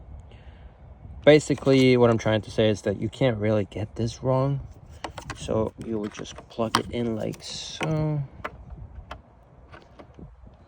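Someone talks while the wiring harness plug is brought to the new clutch lever switch that replaces the broken one on a 2023 KTM Duke 390 motorcycle. Brief sharp ticks of handling are heard at about 8.5 s and 9.1 s, then quiet. The connector has not clicked in or seated yet.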